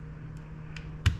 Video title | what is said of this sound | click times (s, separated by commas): Complete glock field strip | make sure you lock it you hear it click when you push it in | 1.1 s